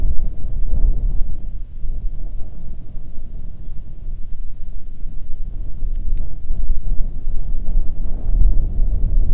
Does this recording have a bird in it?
yes